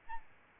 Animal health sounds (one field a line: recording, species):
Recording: mosquito wingbeat signal from an infrared sensor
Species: Aedes albopictus